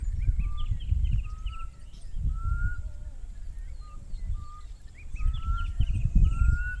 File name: black cuckoo